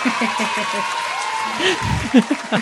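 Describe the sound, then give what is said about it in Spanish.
A steady patter of clapping from a small group runs throughout, mixed with voices talking and cheering over it, with a few louder vocal bursts near the end. “Gente, un aplauso. Aplaudidme, que yo no puedo, que estoy con el gato.”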